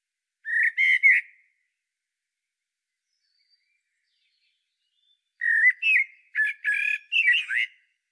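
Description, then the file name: Common blackbird song: a short mellow warbled phrase, a pause of several seconds, then a longer phrase of fluted notes ending in high scratchy twitters. "Turdus merula"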